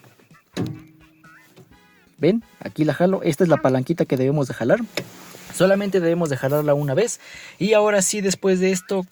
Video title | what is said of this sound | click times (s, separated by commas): El SECRETO para abrir el cofre de tu auto en dos simples pasos (Sin batallar) | We're going to pull this lever and we'll hear a click, like a lock being released. I'm going to stay silent to see if you can hear it. | 0.6 s